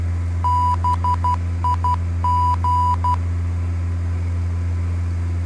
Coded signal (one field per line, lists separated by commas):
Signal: Morse code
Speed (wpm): 12 wpm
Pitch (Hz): 990 Hz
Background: none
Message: BIG